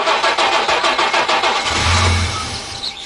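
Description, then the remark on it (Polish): A car engine cranks with a quick, rhythmic whirring from the starter, then catches and settles into a low, steady idle rumble. Fairly loud, with no voices. “Pasy zapięte, światła włączone, no to spróbujmy.”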